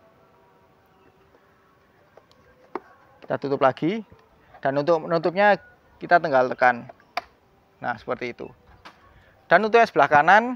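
A 2023 Yamaha XMAX 250 scooter's left storage compartment lid is pressed shut into its latch on the front panel, giving a sharp click at 7.2 s as the lid snaps closed. Someone talks before and after the click, and a fainter tick sounds at 2.8 s.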